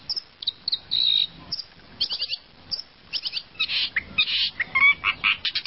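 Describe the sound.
Long-tailed shrike song in short, separated bursts of high chirps and scratchy twitters, with a brief buzzy note and quiet pauses between phrases.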